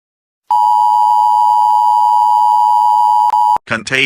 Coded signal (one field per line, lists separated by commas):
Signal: Emergency Alert System (SAME) tones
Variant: 853 and 960 Hz attention tone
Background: speech